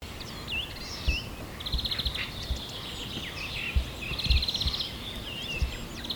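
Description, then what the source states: Birds giving clear whistled notes and two dry buzzy rattles, with other chirps around them and occasional low knocks below. At sunrise.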